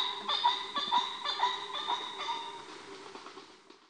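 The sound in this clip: Pheasant calling in a series of ringing, clucking notes, about two per second, that gradually fade away.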